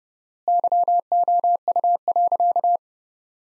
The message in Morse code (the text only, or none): YOU.